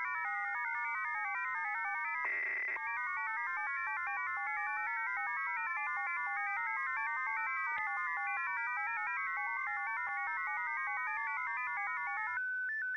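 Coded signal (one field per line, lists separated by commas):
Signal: numbers station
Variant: F07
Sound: chord of several beeping tones hopping together rapidly in pitch, steady warbling data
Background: radio static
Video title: 10244kHz USB Russian Number Station F07 (28.03.2024)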